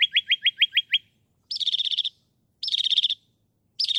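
Northern mockingbird singing: a fast series of repeated chirps, followed by repeated buzzy, trilled phrases, each about half a second long.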